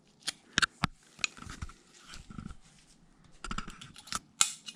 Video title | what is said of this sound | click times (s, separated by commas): Changing Fork Seals on a TC450 | There we go. You should hear it snap in, and it's good to go. | 4.4 s